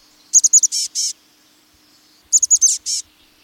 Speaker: chickadee of resplendent brown, the chestnut-backed chickadee, calls the Pacific Northwest home.